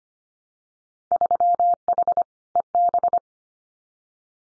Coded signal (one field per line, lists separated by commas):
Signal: Morse code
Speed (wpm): 25 wpm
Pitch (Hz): 700 Hz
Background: none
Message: 3H EB